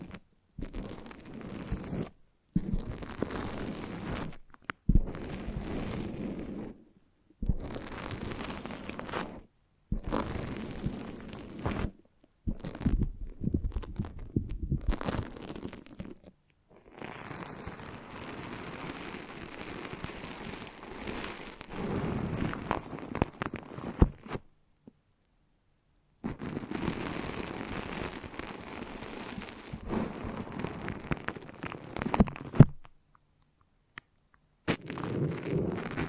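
Foamy, sticky brain massage sounds come in bursts of dense crackling and squishing, separated by short silent gaps. The first half is choppy with frequent stops. Later come longer stretches of steady fizzing and popping, with occasional soft sticky clicks.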